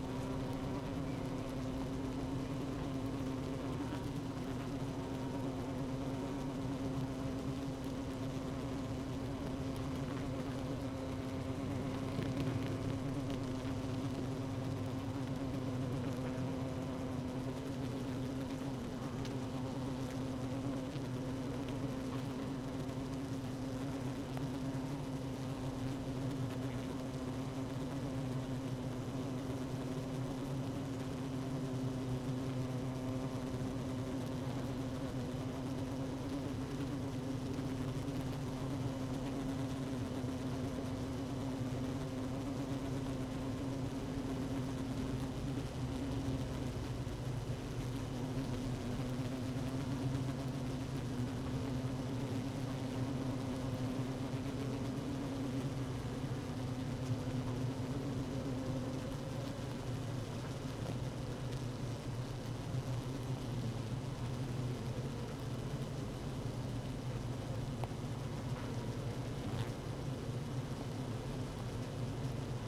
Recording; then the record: honeybee colony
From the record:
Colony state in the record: active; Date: 12 June 2018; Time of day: 16:42